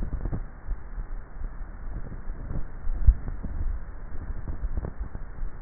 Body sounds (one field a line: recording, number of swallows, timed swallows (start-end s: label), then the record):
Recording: swallowing sounds by neck microphone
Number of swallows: 1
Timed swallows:
2.98-3.78 s: swallow
From the record:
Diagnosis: dysphagia